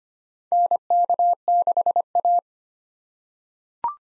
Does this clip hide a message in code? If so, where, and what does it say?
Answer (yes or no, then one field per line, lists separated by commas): yes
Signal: Morse code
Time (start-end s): 0.5-2.4 s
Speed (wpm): 25 wpm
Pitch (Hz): 700 Hz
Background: none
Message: NK6A